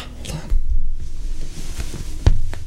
Those are elbows and knees that aren't supposed to pop that way.